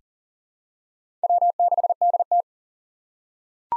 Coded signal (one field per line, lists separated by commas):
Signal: Morse code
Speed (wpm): 40 wpm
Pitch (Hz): 700 Hz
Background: none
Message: W6DT